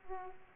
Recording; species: mosquito wingbeat signal from an infrared sensor; Aedes aegypti